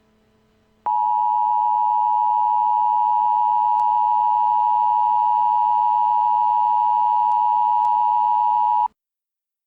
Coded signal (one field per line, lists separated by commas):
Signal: Emergency Alert System (SAME) tones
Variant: 853 and 960 Hz attention tone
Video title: Enjoy these Coronavirus Emergency Alerts